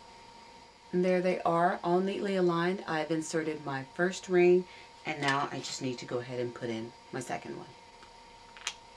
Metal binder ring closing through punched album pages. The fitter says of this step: give it a nice click and there is my cute little mini album